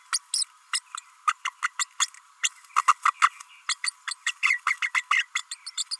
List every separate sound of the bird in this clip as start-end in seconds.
0.13-0.18, 0.33-0.45, 0.73-0.81, 1.27-1.33, 1.45-1.52, 1.62-1.71, 1.79-1.85, 2.00-2.07, 2.43-2.50, 2.76-2.82, 2.88-2.93, 3.05-3.13, 3.21-3.30, 3.68-3.75, 3.83-3.90, 4.11-4.15, 4.26-4.33, 4.42-4.60, 4.66-4.76, 4.82-4.89, 4.94-5.04, 5.10-5.25, 5.35-5.43, 5.51-5.56, 5.66-5.71, 5.77-5.84, 5.91-5.96